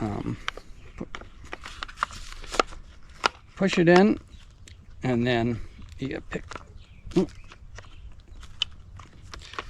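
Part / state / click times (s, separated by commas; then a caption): spray wand or hose coupling into electric pressure washer connection / seated / 8.6 s. A spray wand or hose coupling is pushed firmly into the plastic and metal connection of an LWQ 4200 PSI electric pressure washer while someone talks. A series of sharp plastic clicks and knocks sounds as it is worked in, and it snaps home with a loud click at 8.6 s, fully seated.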